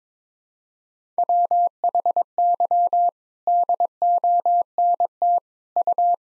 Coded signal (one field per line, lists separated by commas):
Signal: Morse code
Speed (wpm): 22 wpm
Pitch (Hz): 700 Hz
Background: none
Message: WHY DONT U